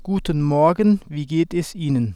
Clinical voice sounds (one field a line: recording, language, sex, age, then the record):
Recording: spoken sentence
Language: German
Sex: male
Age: 40 to 49 years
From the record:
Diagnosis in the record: healthy voice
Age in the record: 41 years